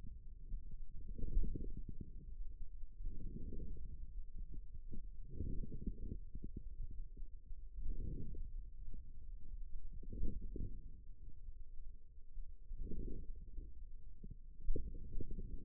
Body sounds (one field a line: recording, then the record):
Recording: forearm muscle sounds (acoustic myography)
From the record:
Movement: outward rotation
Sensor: system 2, bracelet of six BSWA MPA416 microphones around the upper forearm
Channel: 3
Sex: male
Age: 22 years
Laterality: right